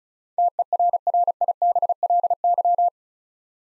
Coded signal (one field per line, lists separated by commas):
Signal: Morse code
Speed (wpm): 36 wpm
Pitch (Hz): 700 Hz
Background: none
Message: TERRIBLY